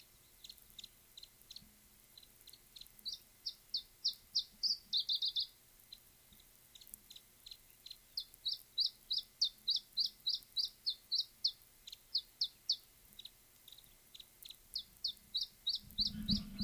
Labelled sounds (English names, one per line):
Iberian Chiffchaff